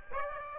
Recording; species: mosquito wingbeat signal from an infrared sensor; Aedes aegypti